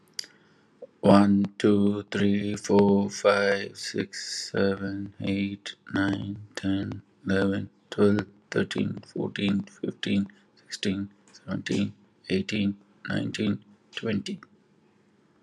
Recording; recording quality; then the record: counting at a normal pace; excellent, no background noise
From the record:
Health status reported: healthy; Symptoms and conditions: none ticked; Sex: male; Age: 43 years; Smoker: not ticked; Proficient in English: yes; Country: India